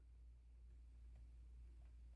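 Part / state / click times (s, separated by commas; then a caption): RAM module into motherboard memory slot / not seated / none. A RAM module is lined up and pressed evenly into a motherboard memory slot in a Dell OptiPlex 7050. Only a steady low hum and a few faint, soft handling sounds are heard. The module has not seated or clicked yet.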